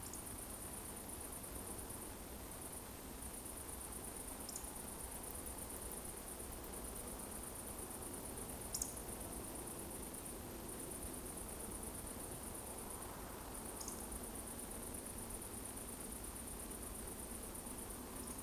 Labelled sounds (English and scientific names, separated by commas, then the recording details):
Eurasian Woodcock (Scolopax rusticola) whistle
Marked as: whistle, whistle, whistle, whistle, whistle
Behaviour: display flight
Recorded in Baden-Württemberg, Germany, on 25 June 2020 at 20:38 UTC
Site 14569, 102 m above sea level